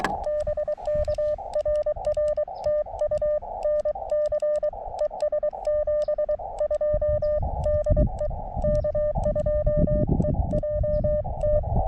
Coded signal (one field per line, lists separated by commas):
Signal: Morse code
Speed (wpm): 22 wpm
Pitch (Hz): 600 Hz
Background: none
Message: BK RR TU NC ES 72 DE K2EJT